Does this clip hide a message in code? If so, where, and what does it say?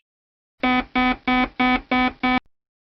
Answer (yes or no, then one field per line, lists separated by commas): no